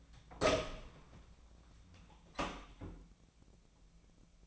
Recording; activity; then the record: daily activity, microphone in the room; open door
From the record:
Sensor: 1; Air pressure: 1009.3 hPa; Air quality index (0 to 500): 186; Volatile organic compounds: 4 ppm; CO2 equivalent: 1567 ppm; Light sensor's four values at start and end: 39/103/43/50 and 39/105/43/51